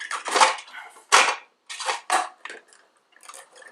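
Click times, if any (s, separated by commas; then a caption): none. Someone tries again to seat a bottle or gas cylinder into a SodaStream Genesis soda maker, making a run of clattering plastic and metal handling sounds with a few sharp knocks. No click is heard, and nothing has seated or clicked yet.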